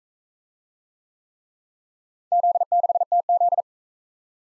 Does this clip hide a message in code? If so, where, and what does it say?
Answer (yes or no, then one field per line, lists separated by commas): yes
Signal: Morse code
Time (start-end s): 2.3-3.6 s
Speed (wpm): 38 wpm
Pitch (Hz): 700 Hz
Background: none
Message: Z6TZ